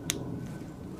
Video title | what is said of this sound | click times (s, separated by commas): Crossfire Packs Quick Release Buckle #shorts | and then I'm going to take this male end and I'm going to push it on through until I hear it pop | 0.1 s